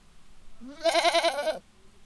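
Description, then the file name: Goat bleating once, a single wavering, quavering cry lasting about a second, rising at the start and breaking off abruptly, over a quiet background. "yagi"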